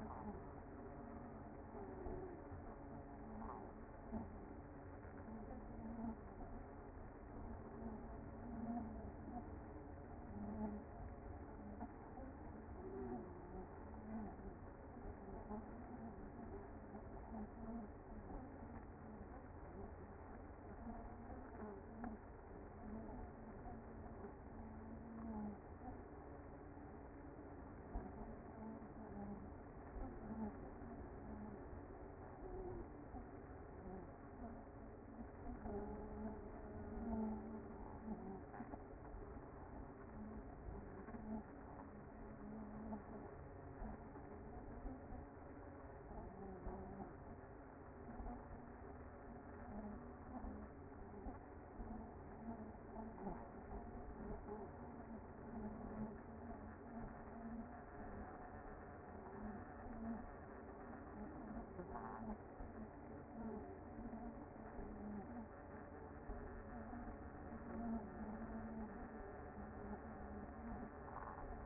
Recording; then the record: honeybee colony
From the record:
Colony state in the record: active